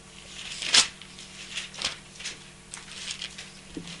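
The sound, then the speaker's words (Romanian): Thin pages of a Bible being turned a few pages on to Matthew 24 during a sermon at Calvary Chapel Bucharest, a sharp papery flick followed by several softer, uneven rustles and swishes over a few seconds, with no talking. “Deschideți la Matei 24, vă rog. Câteva pagini mai departe.”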